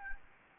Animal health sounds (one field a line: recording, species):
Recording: mosquito wingbeat signal from an infrared sensor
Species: Anopheles gambiae